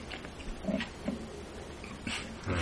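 Two or three brief, low, gurgling grunts rise over quiet room noise, each lasting a fraction of a second. These are ordinary bowel sounds: an adult man's stomach growling as gas and fluid move through the gut.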